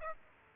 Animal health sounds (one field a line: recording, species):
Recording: mosquito wingbeat signal from an infrared sensor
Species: Aedes aegypti